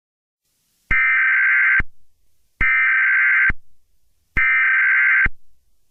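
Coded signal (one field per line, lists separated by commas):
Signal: Emergency Alert System (SAME) tones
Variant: header bursts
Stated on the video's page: A fictional EAS scenario about a creeper invasion, not a real alert.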